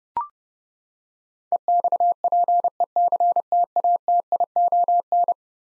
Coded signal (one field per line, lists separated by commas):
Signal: Morse code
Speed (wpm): 30 wpm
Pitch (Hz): 700 Hz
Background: none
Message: EXPECTATION